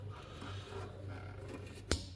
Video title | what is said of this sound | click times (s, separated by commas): May 5, 2026 | Did you hear it click? | 1.9 s